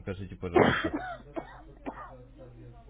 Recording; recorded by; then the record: voluntary cough; telephone call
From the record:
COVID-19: negative